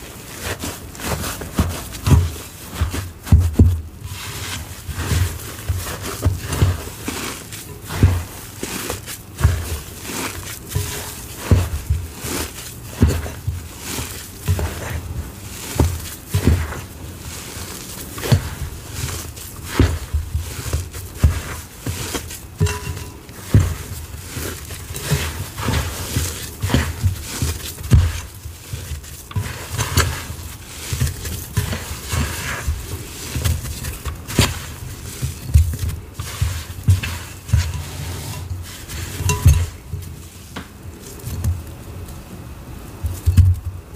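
Soft, squelchy mixing of a thick paste with Holi powder and spray foam, a steady run of wet stirs and dabs throughout. The strokes are dense and irregular, with low thumps and occasional brighter scrapes, and the level stays fairly even to the end.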